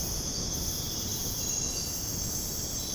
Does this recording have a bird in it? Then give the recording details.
no. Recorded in dense forest near Puerto Asís, Putumayo, Colombia, on 29 June 2025 at 04:30. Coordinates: 0.486, -76.317. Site G065